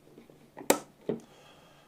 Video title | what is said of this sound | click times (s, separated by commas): System Build 33 - Build With Brian - Complete Build using Qflash-plus, NVIDIA RTX 4060 (2024) | nope got it right the first time okay so just click it in | 0.7 s